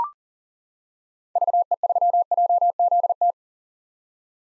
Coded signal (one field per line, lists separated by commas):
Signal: Morse code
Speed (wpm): 40 wpm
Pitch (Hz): 700 Hz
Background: none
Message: VE3JZT